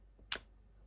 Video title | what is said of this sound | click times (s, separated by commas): Fanhome - Robocop: Building an Icon - Stage 38 | There. It's clicked into place. | 0.3 s